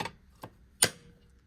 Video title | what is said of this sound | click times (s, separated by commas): How To Thread The Cutest Kenmore Sewing Machine You Will Ever See 15810401 | I mean, literally it snaps into place. | 0.8 s